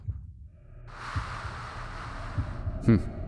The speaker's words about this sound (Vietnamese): Trong giấc mơ đêm nay, Thành lạc vào trong một khoảng không gian tối mịt, im lặng tới mức chỉ nghe được nhịp tim, hơi thở của chính bản thân mình.